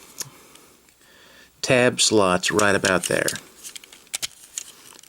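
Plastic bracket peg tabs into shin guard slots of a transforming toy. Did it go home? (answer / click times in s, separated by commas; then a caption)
yes / 4.1 s, 4.6 s. Small plastic bracket peg tabs inside the shin guards of a transforming robot toy are pushed into their tab slots while someone talks. Two sharp snaps at 4.2 s and 4.6 s mark the tabs popping into place, and they are locked into the slots.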